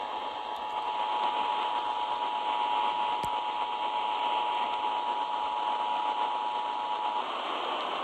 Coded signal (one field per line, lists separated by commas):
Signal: Emergency Alert System (SAME) tones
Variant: 853 and 960 Hz attention tone